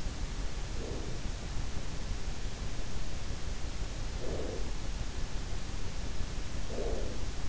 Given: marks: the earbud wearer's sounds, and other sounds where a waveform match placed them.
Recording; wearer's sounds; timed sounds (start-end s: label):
sounds in sleep by an in-ear microphone; breath
0.55-1.48 s: breath
4.01-4.85 s: breath
6.50-7.49 s: breath